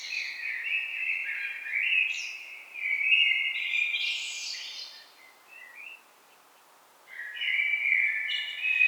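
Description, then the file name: Common blackbird delivering a long warbled phrase that ends in strained high squeaks, then after a short silence begins another fluty phrase. "Turdus merula"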